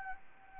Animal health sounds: mosquito wingbeat signal from an infrared sensor; Anopheles arabiensis

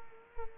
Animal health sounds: mosquito wingbeat signal from an infrared sensor; Culex quinquefasciatus

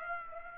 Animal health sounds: mosquito wingbeat signal from an infrared sensor; Aedes aegypti

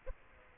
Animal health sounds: mosquito wingbeat signal from an infrared sensor; Aedes aegypti

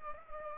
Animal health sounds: mosquito wingbeat signal from an infrared sensor; Culex pipiens

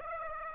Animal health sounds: mosquito wingbeat signal from an infrared sensor; Aedes aegypti

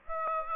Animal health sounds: mosquito wingbeat signal from an infrared sensor; Aedes aegypti

